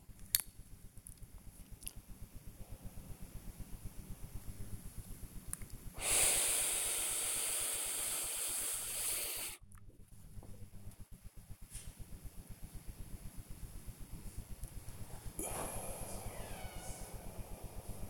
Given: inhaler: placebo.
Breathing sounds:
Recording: one use of a dry powder inhaler by a smartwatch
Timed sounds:
0.00-0.59 s: inhaler activation
2.52-4.20 s: exhalation
5.90-9.68 s: inhalation
15.28-18.10 s: exhalation

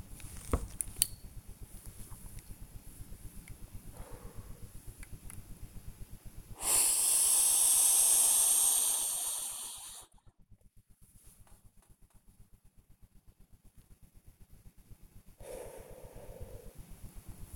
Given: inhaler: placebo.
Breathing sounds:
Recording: one use of a dry powder inhaler by a smartwatch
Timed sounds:
0.59-1.38 s: inhaler activation
3.88-4.83 s: exhalation
6.49-10.16 s: inhalation
15.35-16.92 s: exhalation

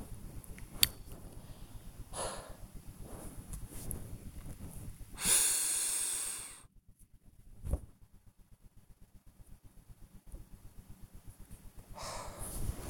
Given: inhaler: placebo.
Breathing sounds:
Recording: one use of a dry powder inhaler by a smartwatch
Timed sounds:
0.23-1.18 s: inhaler activation
2.06-2.68 s: exhalation
5.12-6.71 s: inhalation
11.88-12.81 s: exhalation

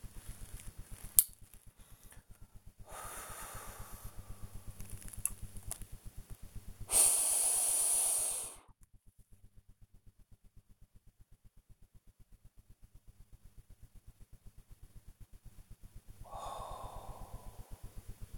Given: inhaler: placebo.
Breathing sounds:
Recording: one use of a dry powder inhaler by a smartwatch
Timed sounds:
0.29-1.63 s: inhaler activation
2.70-4.85 s: exhalation
6.78-8.84 s: inhalation
16.17-18.28 s: exhalation

